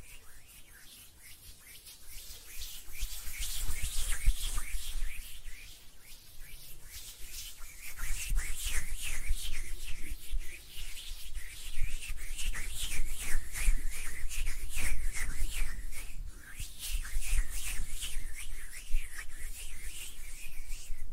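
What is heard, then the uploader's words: Hands rub together in steady, fast back-and-forth strokes, a soft bright swishing that swells after about eight seconds and continues throughout. ASMR Relaxing Hand Sounds (No Talking).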